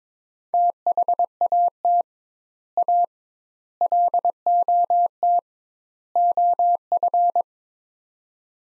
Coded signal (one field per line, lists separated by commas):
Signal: Morse code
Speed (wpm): 22 wpm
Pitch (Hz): 700 Hz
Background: none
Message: THAT A LOT OF